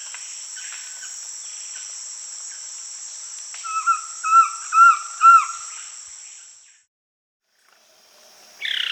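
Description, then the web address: Collared Trogon call: a run of four soft, rounded, arched notes about every half second, with a constant high insect buzz that cuts out near the end. Recorded in Peru, South America. "Natures Songs S America Collared Trogon (Trogon collaris)"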